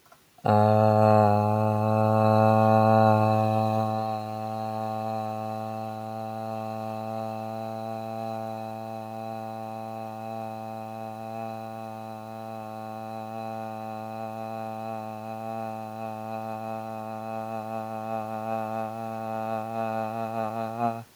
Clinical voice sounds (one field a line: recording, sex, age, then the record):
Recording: vowel held as long as possible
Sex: male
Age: 20 to 29 years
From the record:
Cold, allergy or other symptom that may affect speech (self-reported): no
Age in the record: 27 years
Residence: North Carolina, United States